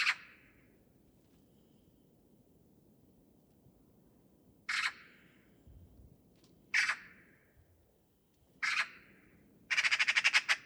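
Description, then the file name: Eurasian magpie giving four harsh, scratchy single calls a few seconds apart, then a short rattling chatter, over a soft low background hiss. "Pica pica"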